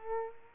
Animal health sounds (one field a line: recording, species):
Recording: mosquito wingbeat signal from an infrared sensor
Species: Culex quinquefasciatus